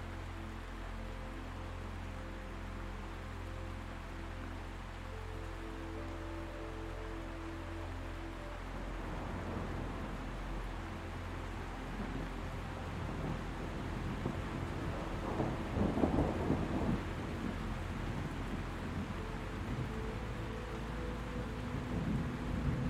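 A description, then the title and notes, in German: Thunder rolls under steady rain, with soft music of low sustained tones held through the first half. Around nine seconds the tones fade and a denser rumble builds, peaking near sixteen seconds before easing, while the rain patter continues throughout. Beruhigender DONNER, Sanfte MUSIK, Ruhige NACHT. Das Grollen des Donners.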